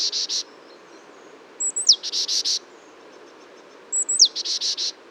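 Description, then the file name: Great tit call: a thin, high, sharply falling note followed by a run of buzzy, rasping notes, heard in two full sequences. "Parus major"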